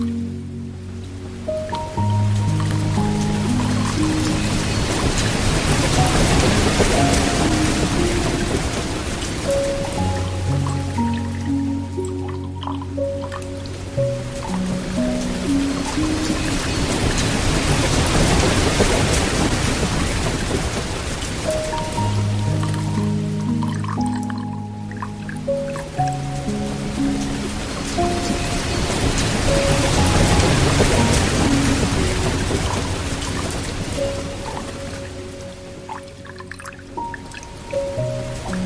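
Gentle rain falls steadily as a soft hiss over slow ambient piano, whose low sustained notes and higher tones drift in and change every few seconds. The rain swells and fades in long waves, peaking around twenty and thirty seconds, while the music stays calm and unhurried.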